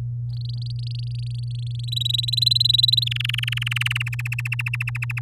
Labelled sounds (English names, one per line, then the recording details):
Domestic Canary song
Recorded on 11 May 2018 at 06:12
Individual llb16